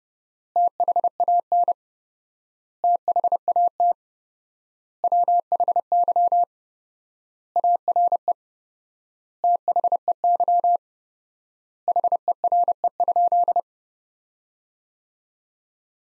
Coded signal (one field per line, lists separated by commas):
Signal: Morse code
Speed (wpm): 31 wpm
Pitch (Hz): 700 Hz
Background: none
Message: THAN THAT WHY ARE THEY HERE?